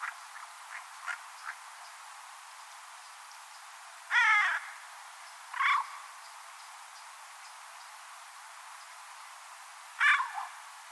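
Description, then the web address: Bird calls, harsh grating caws in short bursts, with a few softer faint notes, over steady light background noise. Bird only, 2025 bird data. "Deverinetal 2025 File origin Bird Only"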